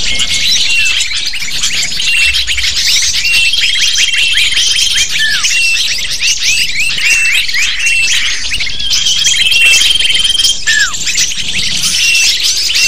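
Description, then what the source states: Lovebirds chattering as a flock, a dense continuous mass of shrill high chirps and squeaks, with a few long steady whistled tones running through. Lure call used to attract lovebirds (pikat burung).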